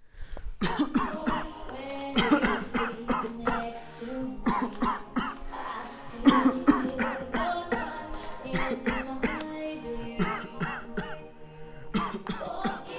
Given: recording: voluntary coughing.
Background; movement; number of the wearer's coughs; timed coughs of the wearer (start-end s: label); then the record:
music; walking; 25
0.60-0.92 s: cough
0.92-1.25 s: cough
1.25-1.53 s: cough
2.13-2.40 s: cough
2.40-2.72 s: cough
2.72-3.07 s: cough
3.07-3.44 s: cough
3.44-3.88 s: cough
4.44-4.79 s: cough
4.79-5.14 s: cough
5.14-5.44 s: cough
6.23-6.65 s: cough
6.65-6.97 s: cough
6.97-7.32 s: cough
7.32-7.69 s: cough
7.69-8.19 s: cough
8.52-8.84 s: cough
8.84-9.21 s: cough
9.21-9.65 s: cough
10.17-10.60 s: cough
10.60-10.96 s: cough
10.96-11.30 s: cough
11.92-12.18 s: cough
12.18-12.62 s: cough
12.62-12.84 s: cough
From the record:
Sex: male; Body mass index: 21.0 kg/m2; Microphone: on the chest, facing outward